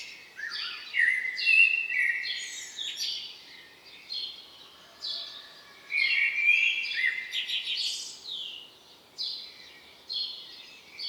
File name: Turdus merula